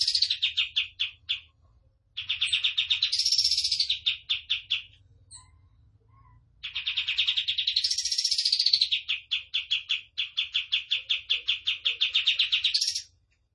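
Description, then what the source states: Tembakan bird song: rapid series of bright, high chip notes, twice swelling into a higher, ringing trill, with short silent gaps between bursts. Tutor song for training caged birds; a lively, continuously singing (gacor) Tembakan bird.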